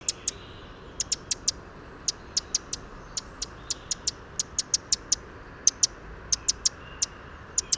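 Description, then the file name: Eurasian wren calls: crisp, high clicking ticks repeated in loose series of several notes, separated by brief gaps, over faint constant hiss. "Troglodytes troglodytes"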